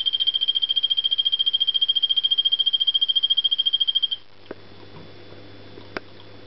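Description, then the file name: Golfodulcean poison frog call, a steady high trill of rapid, even pulses lasting about four seconds, then quiet with a few faint clicks. Calling male. "Phyllobates vittatus calling male"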